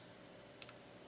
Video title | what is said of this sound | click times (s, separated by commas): BLU VIVO XL4 SIM Card and SD Card Installation | Ta-da! Locks into place. | 0.6 s, 0.7 s